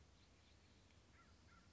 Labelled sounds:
American Crow
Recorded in Sonoma County, California

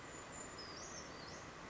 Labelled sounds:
Brown Creeper
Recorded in Sonoma County, California

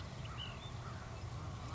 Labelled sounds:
Ash-throated Flycatcher
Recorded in Sonoma County, California

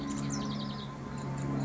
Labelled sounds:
House Wren
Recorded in Sonoma County, California

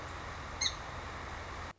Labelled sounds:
Song Sparrow
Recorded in Sonoma County, California

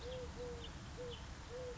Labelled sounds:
Eurasian Collared Dove
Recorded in Sonoma County, California

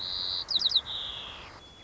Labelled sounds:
White-crowned Sparrow
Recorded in Sonoma County, California

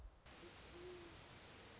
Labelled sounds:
Great Horned Owl
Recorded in Sonoma County, California

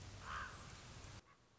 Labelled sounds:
Common Raven
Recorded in Sonoma County, California

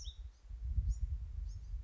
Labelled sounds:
Bewick's Wren
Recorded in Sonoma County, California

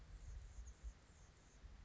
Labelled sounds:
Anna's Hummingbird
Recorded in Sonoma County, California

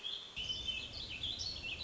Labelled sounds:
Warbling Vireo
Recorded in Sonoma County, California

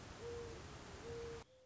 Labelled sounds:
Mourning Dove
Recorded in Sonoma County, California

